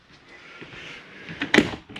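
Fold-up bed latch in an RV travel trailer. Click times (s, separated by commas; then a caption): 1.5 s. A fold-up bed in a Forest River Sabre 360QB RV travel trailer is folded back up and locked into its travel latch, so it stays secured for travel. Soft rustling and shifting build, then a lighter knock at 1.4 s and a loud, sharp click at 1.5 s as the latch engages, followed by a faint tap near 2.0 s.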